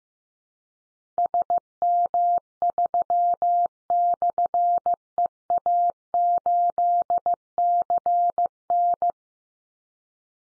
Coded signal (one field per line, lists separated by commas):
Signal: Morse code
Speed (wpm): 15 wpm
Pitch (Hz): 700 Hz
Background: none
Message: SM3/EA8CN